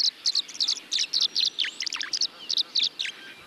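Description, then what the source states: Tree swallows giving rapid high chirps and twittering notes, short bursts repeated several times a second. Tree swallows in June sunlight swooping and gliding, gathering near nest boxes clustered on posts at the edge of a marsh.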